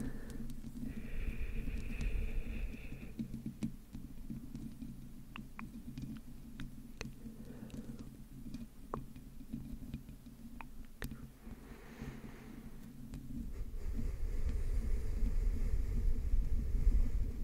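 Slow, sensitive mic scratching fills the clip as a steady low rumble with soft rustling on top. Sharp clicks, likely tongue clicks, pop up every second or so through the middle, and a quiet whisper-like hiss appears near the start. The scratching grows louder toward the end.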